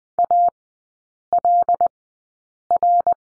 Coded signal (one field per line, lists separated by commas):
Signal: Morse code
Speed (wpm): 20 wpm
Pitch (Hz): 700 Hz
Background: none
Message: ALR